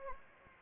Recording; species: mosquito wingbeat signal from an infrared sensor; Anopheles gambiae